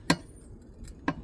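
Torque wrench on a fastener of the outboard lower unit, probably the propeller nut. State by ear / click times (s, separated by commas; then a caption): torque reached / 0.1 s, 1.1 s. A torque wrench tightens a fastener on the lower unit of a 2020 Mercury Verado outboard, probably the propeller nut, with a wooden block used during the job. Two sharp clicks sound at 0.1 s and 1.1 s, showing the wrench has reached its 50 ft-lb setting.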